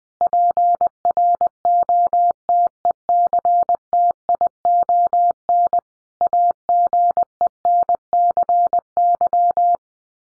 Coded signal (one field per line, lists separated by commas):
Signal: Morse code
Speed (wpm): 20 wpm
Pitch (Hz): 700 Hz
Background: none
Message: PROTECTION AGENCY